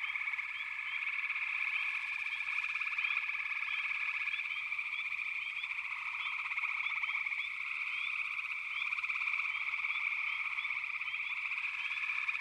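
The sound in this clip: Frog chorus, a dense continuous trilling band with many short upswept chirps repeated throughout.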